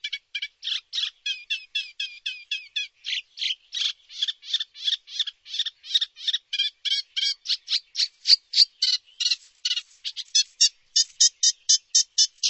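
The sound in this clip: Bird giving rapid, high chirping calls in a long, nearly unbroken run.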